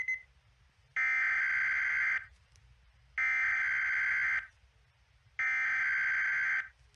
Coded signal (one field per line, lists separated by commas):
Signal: Emergency Alert System (SAME) tones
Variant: header bursts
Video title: Nunavutan EAS Alarm Mock